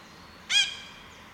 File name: red breasted parakeet